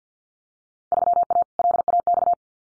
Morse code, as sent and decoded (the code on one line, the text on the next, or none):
...-- .- / .-.. .- -..-
3A LAX